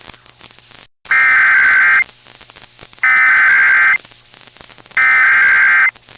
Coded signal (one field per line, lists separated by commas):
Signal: Emergency Alert System (SAME) tones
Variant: header bursts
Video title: [EAS] Severe Thunderstorm Warning - KKRS 97.3 - 18:54 MDT 2024-09-25